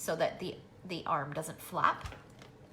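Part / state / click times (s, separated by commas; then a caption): paper trimmer cutting arm into its base lock / not seated / none. A woman talks while handling the cutting arm of a plastic paper trimmer, which has a small nub that snaps into an indent in the base to lock the arm down so it doesn't flap. A short, sharp hit is heard near 2.4 s, but the arm has not yet snapped into its locking indent and nothing has seated or clicked.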